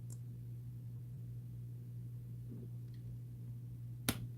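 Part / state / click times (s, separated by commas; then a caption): second plastic brick piece onto brick model / seated / 4.1 s. A second matching plastic brick piece is fitted onto a brick model over a steady low hum, with a faint tick near 0.1 s. At 4.1 s the piece snaps on with a sharp, loud click, and it is seated.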